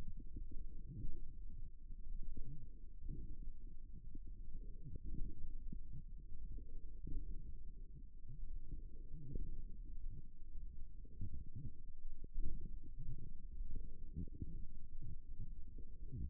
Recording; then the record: forearm muscle sounds (acoustic myography)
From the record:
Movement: forearm supination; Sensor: system 1, eight BSWA MPA416 microphones around the upper forearm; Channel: 8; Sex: female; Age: 21 years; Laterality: right